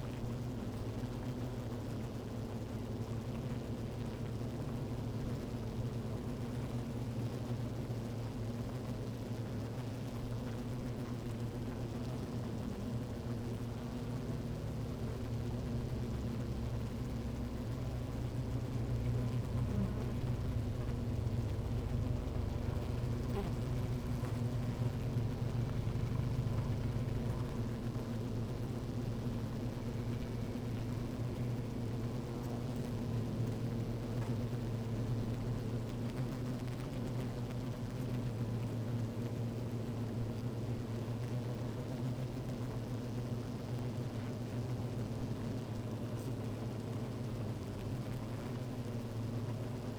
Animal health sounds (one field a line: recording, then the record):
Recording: honeybee colony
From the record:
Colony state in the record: active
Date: 28 July 2017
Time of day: 12:54